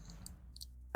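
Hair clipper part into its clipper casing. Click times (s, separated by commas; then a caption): 1.0 s. After its inside is cleaned, a plastic and metal hair clipper part is popped back into its clipper casing, with a few faint high clicks along the way. A short burst of clicks ends with a sharp, loud click at 0.9 s as the part seats in the casing.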